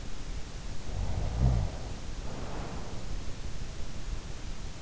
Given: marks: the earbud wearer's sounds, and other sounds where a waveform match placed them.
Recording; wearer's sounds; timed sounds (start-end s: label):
sounds in sleep by an in-ear microphone; snoring breath
0.80-3.03 s: snoring breath